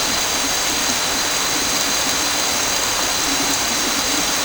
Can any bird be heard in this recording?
no